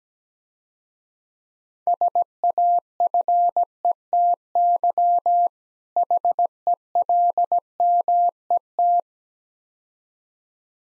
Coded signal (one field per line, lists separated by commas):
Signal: Morse code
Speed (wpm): 17 wpm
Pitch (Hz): 700 Hz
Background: none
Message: SAFETY HELMET